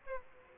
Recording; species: mosquito wingbeat signal from an infrared sensor; Aedes aegypti